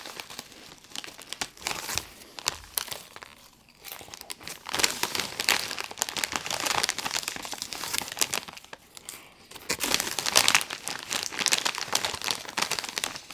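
Chips bag crinkling and crunching in dense, irregular bursts of bright crackle. The rustling swells from about 4 to 8 seconds and again after 10 seconds, with brief quieter gaps near 3.5 and 9 seconds.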